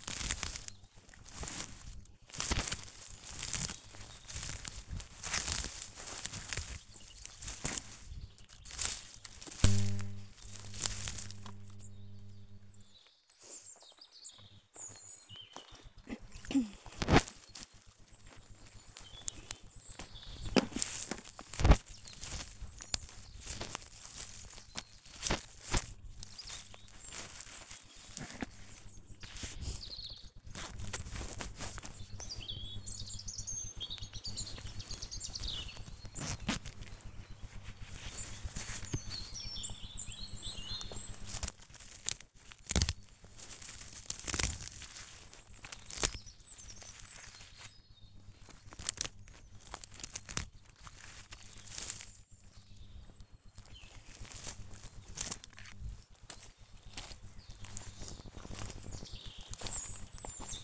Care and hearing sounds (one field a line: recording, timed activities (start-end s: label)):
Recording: household activities, microphone on the right wrist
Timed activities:
0.00-60.64 s: removing plants (near water)